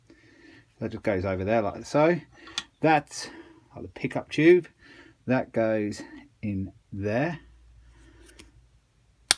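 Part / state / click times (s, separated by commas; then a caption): fuel pickup tube into lawn mower carburettor / seated / 9.3 s. Someone talks while refitting the fuel pickup tube, cleaned with carb cleaner and blown through with an airline, into the plastic carburettor body of a Qualcast rotary lawn mower during a carb gasket and diaphragm fix. The tube is pushed hard until it snaps home with a sharp, short click at 9.3 s, and it is seated.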